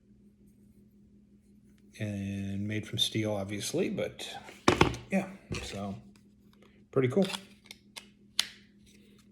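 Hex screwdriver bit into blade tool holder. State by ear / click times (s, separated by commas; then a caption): seated / 8.4 s. Someone talks while handling a steel quarter-inch hex screwdriver bit from a survival blade kit, then pushes it into its holder on the blade tool. A few light taps lead to a sharp click at 8.4 s as the bit seats in the holder.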